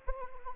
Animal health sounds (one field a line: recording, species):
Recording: mosquito wingbeat signal from an infrared sensor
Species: Anopheles arabiensis